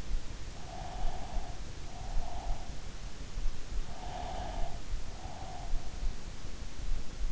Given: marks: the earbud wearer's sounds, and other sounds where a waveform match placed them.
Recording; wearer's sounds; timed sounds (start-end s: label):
sounds in sleep by an in-ear microphone; breath
0.59-2.91 s: breath
3.84-6.17 s: breath